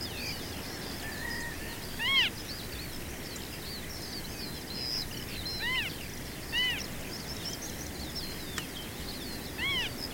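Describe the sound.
Marsh harrier calls, four mewing, arch-shaped notes at irregular intervals, among dense high twittering of other birds.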